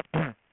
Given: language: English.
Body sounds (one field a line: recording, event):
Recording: throat vibration sensor signal played as sound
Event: throat clearing